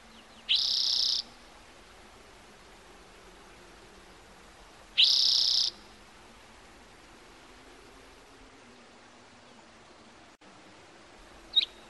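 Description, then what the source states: Bird song: two short, dense, high-pitched buzzy phrases several seconds apart, then a brief third one at the end. Recorded in the morning.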